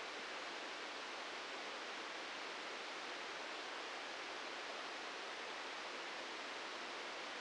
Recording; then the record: brain microelectrode recording played as sound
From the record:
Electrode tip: outside the subthalamic nucleus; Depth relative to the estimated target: -4 mm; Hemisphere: right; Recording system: NeuroSet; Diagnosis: Parkinson's disease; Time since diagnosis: 15 years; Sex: male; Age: 65 years